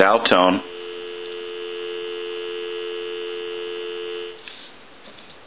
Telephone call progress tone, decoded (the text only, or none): dial tone